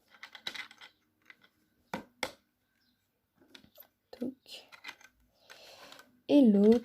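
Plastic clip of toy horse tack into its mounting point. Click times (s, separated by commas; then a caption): 2.2 s. A plastic clip on a toy horse tack accessory is pressed into its mounting point on the horse figurine while someone talks. Small taps and rustles lead up to a sharp click at 2.2 s as the clip seats in place. A louder tonal sound follows near the end.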